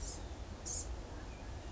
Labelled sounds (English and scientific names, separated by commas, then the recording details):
Blue-gray Gnatcatcher (Polioptila caerulea)
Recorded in Sonoma County, California